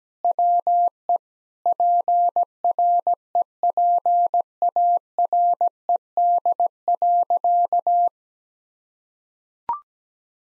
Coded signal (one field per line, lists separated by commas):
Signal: Morse code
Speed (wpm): 17 wpm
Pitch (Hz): 700 Hz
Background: none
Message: WE PREPARED.